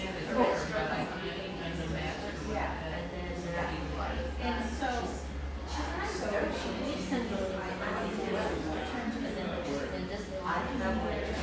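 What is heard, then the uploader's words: Inside a coffee roastery, several voices overlap in steady chatter, with a woman's voice standing out at times. A low, even hum from machinery runs underneath through most of the clip, and the level stays constant throughout. Bellevue, Washington. Centrally-located roastery just a quick walk from the shores of beautiful Lake Washington.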